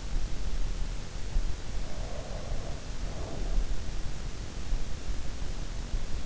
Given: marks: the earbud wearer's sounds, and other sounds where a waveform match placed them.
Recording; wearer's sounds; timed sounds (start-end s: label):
sounds in sleep by an in-ear microphone; breath
1.97-3.90 s: breath